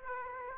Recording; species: mosquito wingbeat signal from an infrared sensor; Aedes aegypti